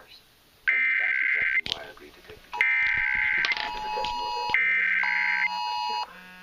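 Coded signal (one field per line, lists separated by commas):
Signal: Emergency Alert System (SAME) tones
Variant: header bursts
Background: speech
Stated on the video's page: National Emergency Alert System and Wireless Emergency Alert test on cell phones, TV and radio.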